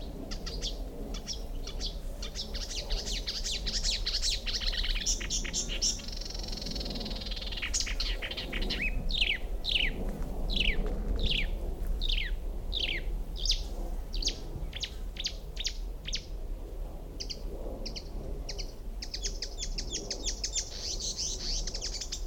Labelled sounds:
Marsh Warbler

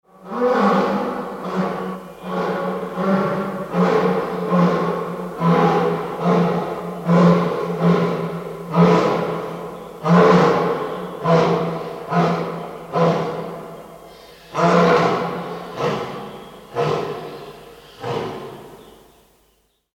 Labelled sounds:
Lion

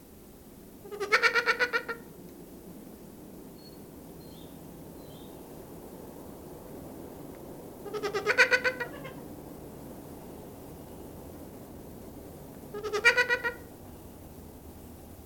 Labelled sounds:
Trumpeter Hornbill call

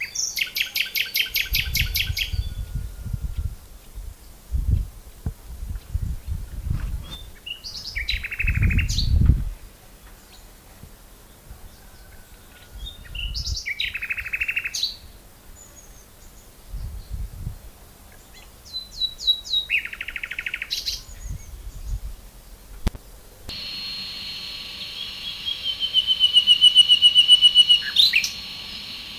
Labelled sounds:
Common Nightingale song

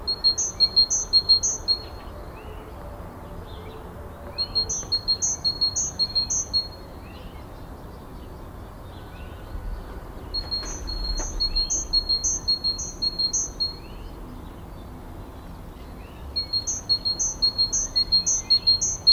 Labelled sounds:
Great Tit song

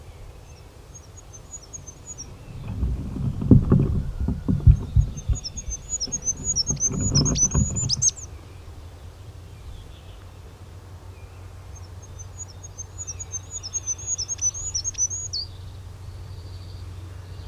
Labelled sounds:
Goldcrest song

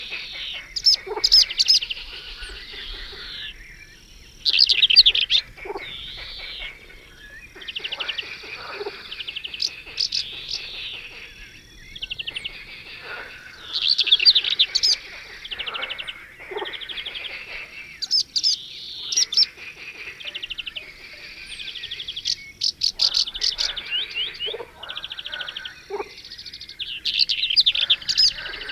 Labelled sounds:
Western Black-eared Wheatear

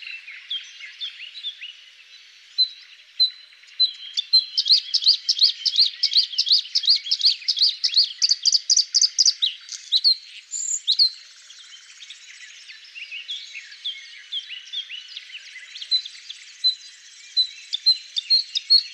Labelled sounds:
Bluethroat song

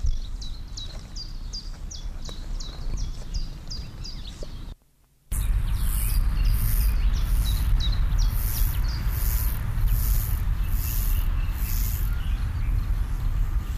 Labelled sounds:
Common Chiffchaff song

